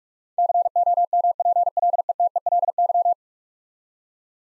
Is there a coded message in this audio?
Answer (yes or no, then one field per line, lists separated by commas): yes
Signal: Morse code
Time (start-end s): 0.4-3.1 s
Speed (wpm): 46 wpm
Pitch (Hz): 700 Hz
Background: none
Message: COMPLETELY